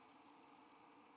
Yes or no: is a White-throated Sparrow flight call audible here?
no